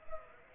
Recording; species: mosquito wingbeat signal from an infrared sensor; Culex pipiens